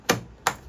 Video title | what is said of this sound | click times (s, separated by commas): How to Remove Front & Rear Door Panels on a 2009–2012 Toyota RAV4 - Step-by-Step Tutorial | snaps into place. And that's all done for that, for the front door panel. | 0.1 s, 0.5 s